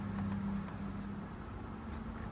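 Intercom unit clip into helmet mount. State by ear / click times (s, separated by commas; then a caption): not seated / none. A Harley-Davidson Cardo intercom unit is being fitted into its plastic mount clip on a modular helmet, with steady low hum and broadband background noise and no sharp sounds. The clip is still being handled, and nothing has seated or clicked yet.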